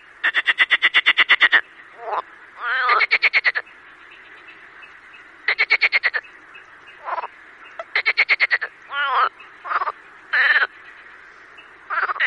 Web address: marsh frog